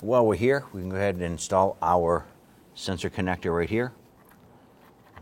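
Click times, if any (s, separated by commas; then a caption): 5.2 s. A sensor connector is lined up and pushed onto the sensor on an intake tube while someone talks. After the talking stops there is a quiet stretch, then a short sharp click at 5.2 seconds as the connector snaps into place and seats.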